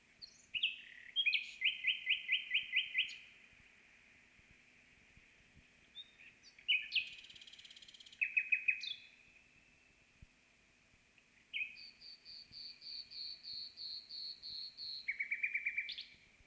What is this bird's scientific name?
Luscinia megarhynchos